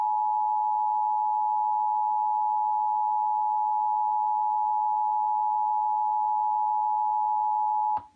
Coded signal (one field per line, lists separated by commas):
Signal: Emergency Alert System (SAME) tones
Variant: 853 and 960 Hz attention tone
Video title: (REUPLOAD)EAS #973 | Required Monthly Test | PBS Kids (APT) | 1/9/2020 11:07 AM CT